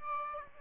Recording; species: mosquito wingbeat signal from an infrared sensor; Aedes aegypti